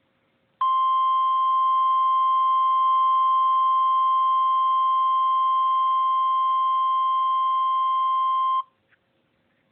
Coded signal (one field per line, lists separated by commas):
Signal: Emergency Alert System (SAME) tones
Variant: 1050 Hz attention tone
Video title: EAS Scenario- Supervillain Catastrophe Part 3: Animal Fight of Doom